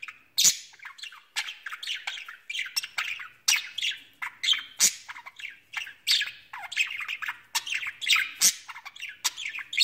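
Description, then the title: Budgerigar chatter: busy rasping warble of mixed squeaks and clicks running without pause. "Budgie Sounds"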